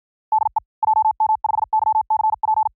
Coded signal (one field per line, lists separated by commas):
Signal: Morse code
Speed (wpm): 53 wpm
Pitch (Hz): 870 Hz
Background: none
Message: DE JM5YCP